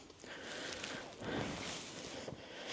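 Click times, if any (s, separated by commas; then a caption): 0.8 s. A cab window blackout blind on a 2025 Chausson Etape Line 660 is slid up on the driver's and passenger doors, then slid down so its plastic ends lock into the catches at the bottom. A soft rustle at 0.2 s is followed by a sharp, short click at 0.8 s as the blind seats into its lower catch. No one talks.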